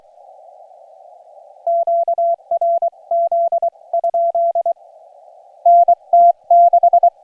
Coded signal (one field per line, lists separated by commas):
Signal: Morse code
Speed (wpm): 24 wpm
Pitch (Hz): 680 Hz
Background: none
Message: QRZ? NT6